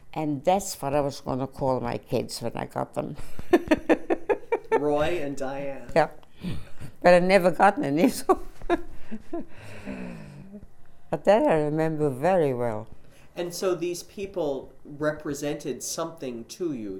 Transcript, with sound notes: And that's what I was going to call my kids when I got them. (she laughs)
Roy and Diane.
Yeah. But I never got any, so... (she laughs) But that I remember very well.
And so these people represented something to you?